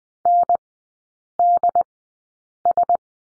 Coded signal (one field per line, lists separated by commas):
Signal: Morse code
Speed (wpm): 20 wpm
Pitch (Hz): 700 Hz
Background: none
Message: NDS